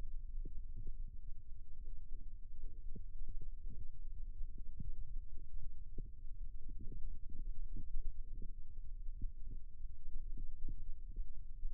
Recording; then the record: forearm muscle sounds (acoustic myography)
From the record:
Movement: rest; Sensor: system 2, bracelet of six BSWA MPA416 microphones around the upper forearm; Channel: 6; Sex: male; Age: 22 years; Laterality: right